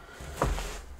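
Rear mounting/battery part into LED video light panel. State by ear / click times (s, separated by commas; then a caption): seated / 0.4 s. A rear mounting/battery part is pressed onto the back of a Neewer RGB LED light panel, needing a bit of force. A sharp, short click sounds at 0.4 s over a low background hum as the part clips on and seats.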